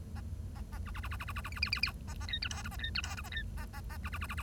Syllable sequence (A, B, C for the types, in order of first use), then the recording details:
A A A B B B B B B B B C C C C A A D E F G A D E F G A D A A A B B B B B. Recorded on 1 October 2012 at 10:41. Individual or60yw70